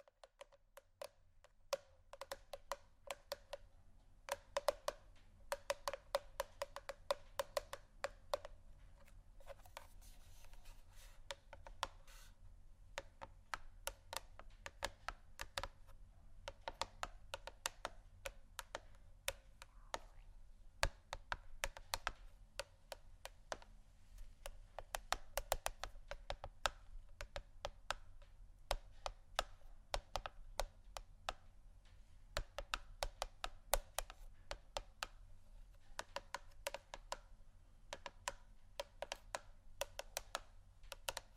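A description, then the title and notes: Gentle tapping runs through the whole recording: quick, dense clusters of light, sharp taps with brief pauses, much like fingers typing on a keyboard. The rhythm is irregular, speeding up and thinning out, over a low, steady hum that sits underneath throughout. ASMR Gentle Tapping Assortment (No Talking).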